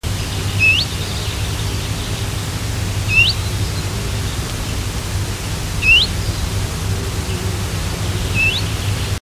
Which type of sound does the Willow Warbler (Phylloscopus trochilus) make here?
alarm call